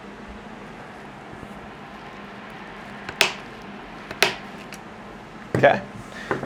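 A click-type torque wrench tightens the smaller front screws of a grip frame, clicking sharply at 3.2 s and 4.2 s, each click preceded by a faint tick. Someone then talks briefly, and the screws are confirmed as all good.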